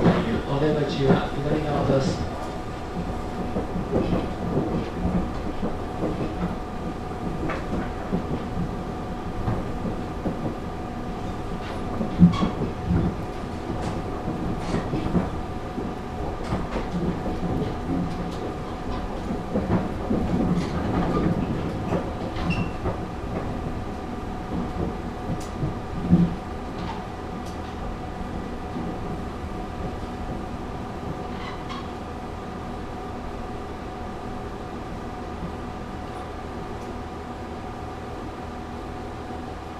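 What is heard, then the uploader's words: A train rides between stations, its interior hum carrying steady low and mid tones throughout. Wheel clatter and rumbling bursts come and go, with sharp clicks near 12 and 26 seconds, and the sound settles into a quieter, even drone after about 30 seconds. 陸羽東線1726D（キハ111-216） 鳴子温泉-鳴子御殿湯. Rikuu-east Line 1726D Naruko Spa. to Naruko Gotenyu. The Rikuuto Line of JR East, which connects Shinjo in Yamagata Prefecture to Kogota in Miyagi Prefecture. ZOOM H2.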